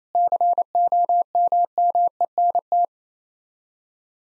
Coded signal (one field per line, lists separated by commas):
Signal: Morse code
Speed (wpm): 28 wpm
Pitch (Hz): 700 Hz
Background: none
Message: COMMENT